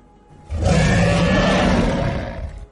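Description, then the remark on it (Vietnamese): A huge, deep beast's roar from a giant figure shooting up high into the air bursts in after a brief quiet and holds loud and rumbling for about two seconds, rich in low growl with a harsh upper edge, then tapers off. “Một đạo thân ảnh cực lớn phóng lên cao, thanh âm gầm rú kinh thiên chấm nhất thiên không ngàn dặm.”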